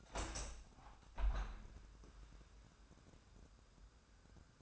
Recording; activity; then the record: daily activity, microphone in the room; open window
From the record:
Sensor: 2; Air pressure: 997.8 hPa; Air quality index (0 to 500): 141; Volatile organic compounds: 4 ppm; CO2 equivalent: 1591 ppm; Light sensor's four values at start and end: 11/32/13/12 and 11/32/13/12